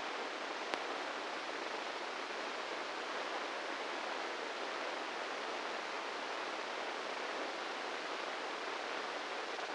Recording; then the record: brain microelectrode recording played as sound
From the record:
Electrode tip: inside the subthalamic nucleus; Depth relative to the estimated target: -3 mm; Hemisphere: right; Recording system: NeuroSet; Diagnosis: Parkinson's disease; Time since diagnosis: 8 years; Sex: male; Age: 58 years